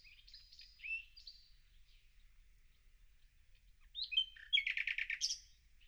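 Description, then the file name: Common nightingale song: faint scratchy phrases at first, then a loud burst of rapid, repeated chattering notes near the end. "Luscinia megarhynchos"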